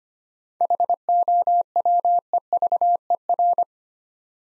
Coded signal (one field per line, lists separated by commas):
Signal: Morse code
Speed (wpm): 25 wpm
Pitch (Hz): 700 Hz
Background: none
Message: HOWEVER